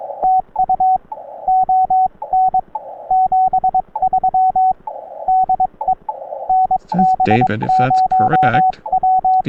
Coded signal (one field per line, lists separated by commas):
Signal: Morse code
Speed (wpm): 22 wpm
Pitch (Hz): 750 Hz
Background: speech, radio noise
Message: TU ON 73 DE NB0W